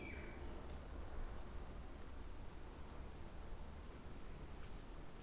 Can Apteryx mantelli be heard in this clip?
no